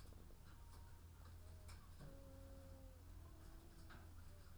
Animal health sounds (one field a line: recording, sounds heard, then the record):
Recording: poultry house recording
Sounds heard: sick chickens (respiratory disease)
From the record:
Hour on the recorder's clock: 14